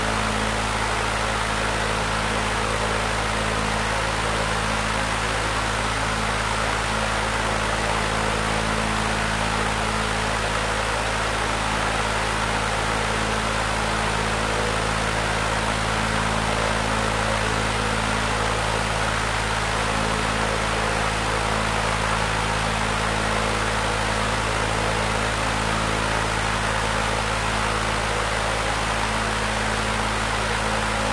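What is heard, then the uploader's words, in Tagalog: A giant electric fan runs steadily, producing a loud, dense rush of white noise that fills the whole range from low to high. Beneath the hiss sits a constant low motor hum with fixed tones. Nothing changes across the half minute. Ang isang higanteng electric fan ay lumilikha ng isang malakas na white noise. White Noise ng Higanteng Electric Fan.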